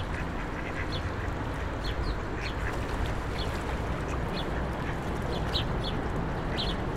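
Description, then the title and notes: Scattered duck quacks, short and nasal, rise over continuous road noise. Ducks being fed by passers-by on the Old Town Promenade, Stare Miasto, Wrocław, at 16:00; passing cars and buses; Sony PCM-D50 recorder, Rode NT4 microphone, FEL BMA preamplifier. "Kaczki i gołębie na Promenadzie Staromiejskiej cz.1 Lokalizacja: Stare Miasto Czas: 16.00. Kaczki i gołębie karmione przez przechodniów. Odgłosy przejeżdżających samochodów i autobusów. Autor nagrania: Bartosz Grzyb"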